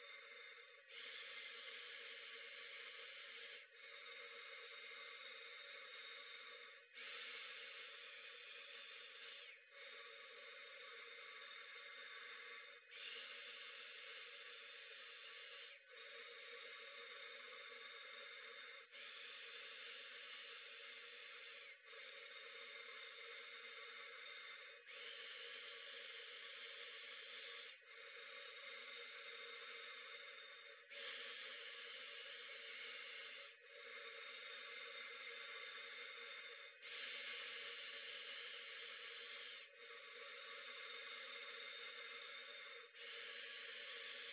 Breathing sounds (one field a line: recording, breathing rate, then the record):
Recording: paced breathing near a phone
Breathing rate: 10 breaths a minute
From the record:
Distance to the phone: 40 cm